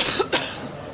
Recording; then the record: coughing mixed with background sound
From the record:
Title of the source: November cold (wet coughing)